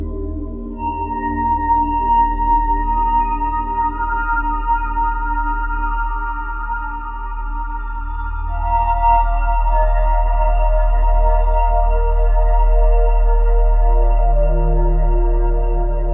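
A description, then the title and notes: A granular singing bowl patch hums with sustained, layered ringing tones over a deep, steady low drone. Around eight seconds the pitches shift and the texture thickens, growing slightly louder and fuller, with a brief low swell near fifteen seconds. Singing Bowls & Friends - Divine Bowl. Improvising with a granular singing bowl patch from the sound library Falcons Singles - Singing Bowls & Friends, some Macro automation, no additional effects were used, 100% UVI Falcon.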